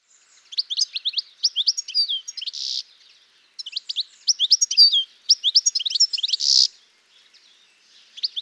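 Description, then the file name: European goldfinch song: fast, tinkling twittering phrases in two long bursts, each ending in a harsh buzzy note, separated by a short pause. "Carduelis carduelis"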